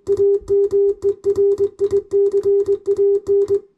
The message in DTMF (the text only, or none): none